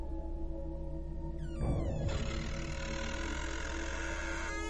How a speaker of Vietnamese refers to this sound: Tiếng cánh cửa tủ được từ từ mở ra.